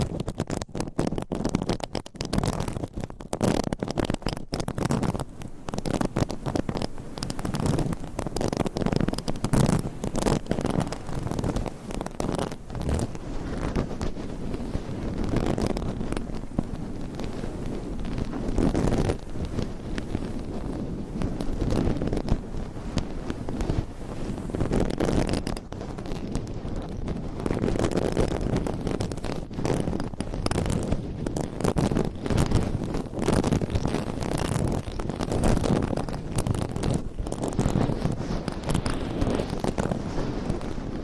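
Dense, rough scratching on a microphone, layered into a continuous scraping texture that never lets up across the whole clip. Quick rubbing strokes crowd together with a heavy low rumble underneath, sounding much like wind buffeting a mic, with brighter hiss flickering above.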